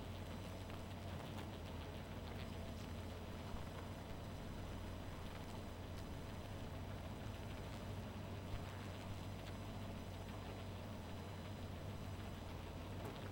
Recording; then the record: honeybee colony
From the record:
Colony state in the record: missing queen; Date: 14 July 2017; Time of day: 1:00